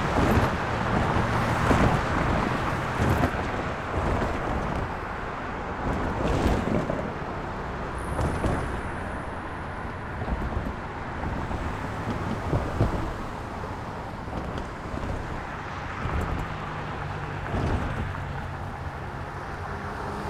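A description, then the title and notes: Traffic passes over a crossing in a steady low rumble, louder in the first few seconds, with brief clatters and a faint whine near eight seconds. Calming Traffic Sounds Over the Crossing.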